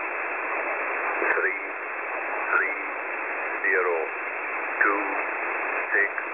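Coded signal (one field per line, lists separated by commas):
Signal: numbers station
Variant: E06 English Man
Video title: E06 English Man Unscheduled TX 27/01/2023 1006 UTC 13921kHz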